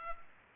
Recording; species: mosquito wingbeat signal from an infrared sensor; Culex pipiens